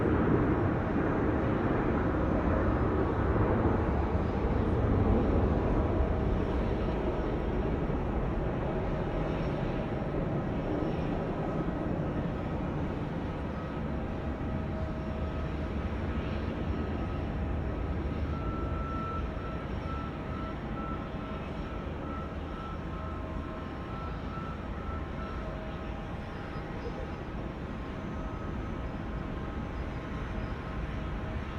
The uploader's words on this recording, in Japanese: 飛行場の音 – Airfield。羽田空港で録音しました。エンジン音は常に鳴っていますが、コロナの影響で飛行機の発着が少ないですね…。それでもたまに飛び立とうとするエンジンの発信音が良いです。